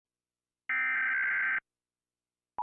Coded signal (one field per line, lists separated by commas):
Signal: Emergency Alert System (SAME) tones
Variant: header bursts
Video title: Happier Than The National Emergency Alert System